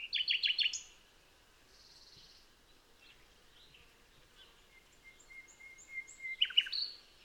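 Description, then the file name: Common nightingale song opening with a fast stuttering burst, then a series of pure, evenly spaced whistles that swell in volume and end in a sharp chattering flourish. "Luscinia megarhynchos"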